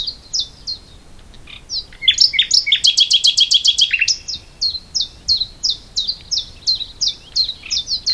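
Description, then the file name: Common nightingale song: a series of repeated high whistled notes, then a loud rapid rattling burst of chirps in the middle, followed by more evenly spaced sharp notes. "Luscinia megarhynchos"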